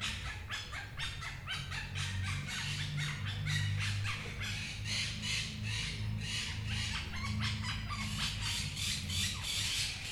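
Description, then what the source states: Parakeets chattering: continuous rapid, grating squawks throughout, with a steady low droning hum beneath. Recorded 11 March 2022.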